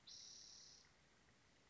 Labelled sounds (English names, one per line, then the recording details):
Spotted Towhee
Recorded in Sonoma County, California